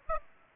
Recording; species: mosquito wingbeat signal from an infrared sensor; Aedes aegypti